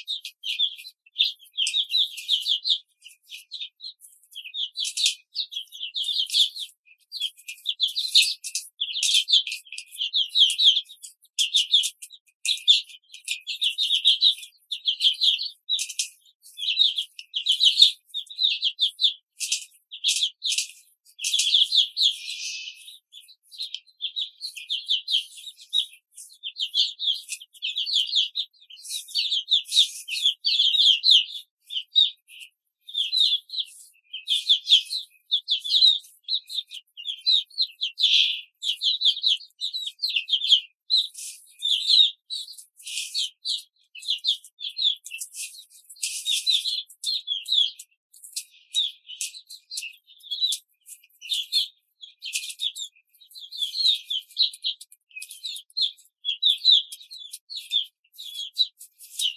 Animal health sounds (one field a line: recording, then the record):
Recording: young laying hens in a cage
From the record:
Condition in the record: control cage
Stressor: none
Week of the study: 5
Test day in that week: 1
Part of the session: 3